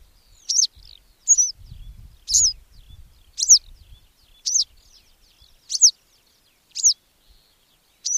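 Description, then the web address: Western yellow wagtail giving sharp, high, slurred call notes about once a second, with fainter bird chirps and a low rumble behind. "agykontroll Madardalok Cd 3. Sárga billegető"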